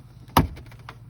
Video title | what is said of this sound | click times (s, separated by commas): Install middle door speaker in 1994 Suburban | there's usually always one in the corner you'll hear it pop | 0.4 s